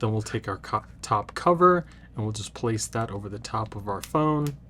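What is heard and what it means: Someone talks while the hard plastic top cover of a phone case is placed over the top of a folding Samsung Galaxy Z Flip 6 smartphone. The clip ends before the cover goes home, and nothing has seated or clicked yet.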